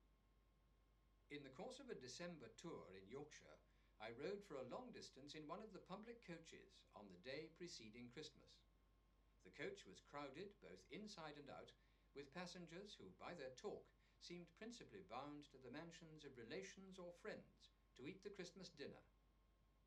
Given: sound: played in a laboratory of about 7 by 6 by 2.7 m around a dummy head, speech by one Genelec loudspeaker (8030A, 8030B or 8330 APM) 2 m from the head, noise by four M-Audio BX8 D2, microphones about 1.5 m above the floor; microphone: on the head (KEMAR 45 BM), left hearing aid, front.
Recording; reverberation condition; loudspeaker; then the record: male speech in English; low; 30 degrees to the left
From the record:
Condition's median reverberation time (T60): about 310 ms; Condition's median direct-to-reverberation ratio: about 3.5 dB